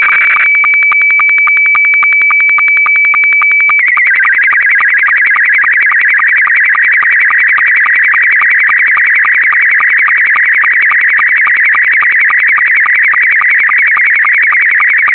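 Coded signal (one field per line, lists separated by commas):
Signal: SSTV (slow-scan television)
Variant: Scottie 2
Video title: Sending Photo Images through Audio Analog signal (SSTV Scottie 2)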